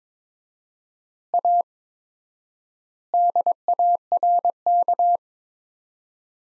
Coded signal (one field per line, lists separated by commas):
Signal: Morse code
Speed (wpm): 22 wpm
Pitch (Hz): 700 Hz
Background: none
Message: A DARK